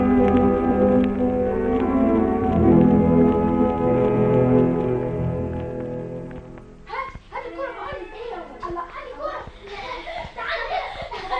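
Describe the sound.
In a TV drama scene, children laugh, shout and chatter in their father's house in lively bursts of high-pitched voices, following a few seconds of sustained, layered musical tones that fade out.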